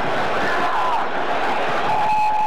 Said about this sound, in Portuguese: E agora a torcida brasileira novamente.